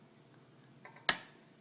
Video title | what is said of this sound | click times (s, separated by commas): Day 15 Mustang Cobra Project Ford SVT cluster gear | You want to push it down until it clicks in, | 1.1 s